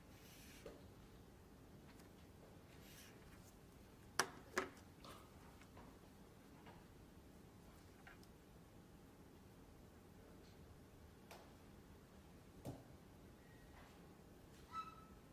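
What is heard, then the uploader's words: A quiet library hum, broken by scattered knocks and clicks, two sharp taps near four seconds, softer thumps later, and a faint squeak. Glasgow library. (university of glasgow).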